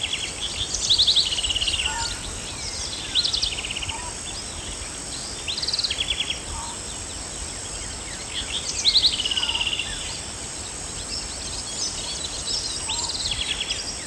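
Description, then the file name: House wren song, bubbly chattering phrases of quick rattling trills and buzzy notes repeated every few seconds, over a constant high hiss. "Troglodytes aedon - House Wren"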